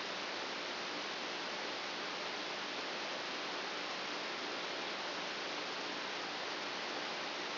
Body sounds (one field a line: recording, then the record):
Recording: brain microelectrode recording played as sound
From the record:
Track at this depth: outside the subthalamic nucleus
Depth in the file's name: 5.503 mm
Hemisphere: right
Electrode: 2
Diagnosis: Parkinson's disease